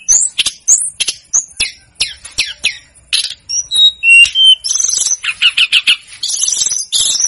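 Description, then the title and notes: Snowy-browed flycatcher song: rapid ticking clicks and high twitters, a few pure whistles, then dense buzzy chatter toward the close. Masteran recording for training cage birds; local names tledekan gunung and sikatan gunung. "Masteran Tledekan Gunung Sikatan Gunung 1. BURUNG TLEDEKAN"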